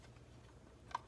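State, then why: Seated. A small plastic clip accessory is pressed onto the front of a plastic SRCOOAT Electric Gel Ball Blaster (UZI Paint Splash) against a quiet, steady low hum. At 0.95 s a single sharp click is heard as the clip snaps on and seats.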